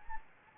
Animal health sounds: mosquito wingbeat signal from an infrared sensor; Anopheles gambiae

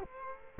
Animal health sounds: mosquito wingbeat signal from an infrared sensor; Culex quinquefasciatus

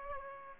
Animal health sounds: mosquito wingbeat signal from an infrared sensor; Aedes aegypti

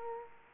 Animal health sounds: mosquito wingbeat signal from an infrared sensor; Culex quinquefasciatus

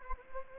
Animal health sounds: mosquito wingbeat signal from an infrared sensor; Anopheles gambiae

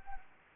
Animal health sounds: mosquito wingbeat signal from an infrared sensor; Anopheles gambiae

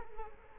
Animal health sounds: mosquito wingbeat signal from an infrared sensor; Culex quinquefasciatus

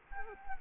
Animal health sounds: mosquito wingbeat signal from an infrared sensor; Culex quinquefasciatus

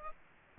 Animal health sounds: mosquito wingbeat signal from an infrared sensor; Aedes aegypti

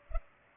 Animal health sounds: mosquito wingbeat signal from an infrared sensor; Culex pipiens

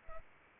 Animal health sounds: mosquito wingbeat signal from an infrared sensor; Anopheles arabiensis

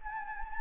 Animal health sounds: mosquito wingbeat signal from an infrared sensor; Anopheles gambiae

